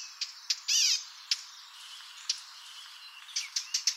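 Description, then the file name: Eurasian blackcap making short, sharp ticking notes with a brief harsh buzzy burst early on, then scattered high chips. "Sylvia atricapilla"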